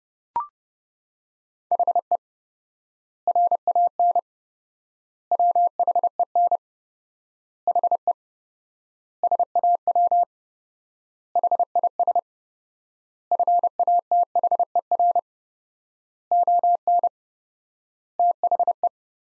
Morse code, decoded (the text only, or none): HE RAN WHEN HE SAW HIS FATHER ON THE